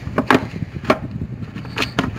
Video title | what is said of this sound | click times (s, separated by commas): Limpando Ante Chamas | já encaixou certinho ó | 0.3 s, 2.0 s